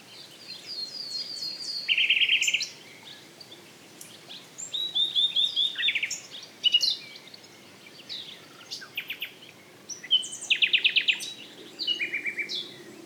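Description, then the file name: Common nightingale song in separate bursts: buzzy trills, rapid repeated notes and varied whistles, several phrases with short pauses between. "Luscinia megarhynchos"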